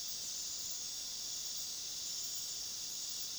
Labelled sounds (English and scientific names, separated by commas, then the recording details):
none
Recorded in pastures near Puerto Asís, Putumayo, Colombia, on 20 February 2024 at 20:30
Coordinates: 0.497, -76.327
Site G7276